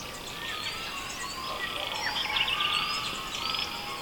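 Bird chorus with rapid high twitters, upslurred whistles and a fluttering trill near the middle, over a steady hiss.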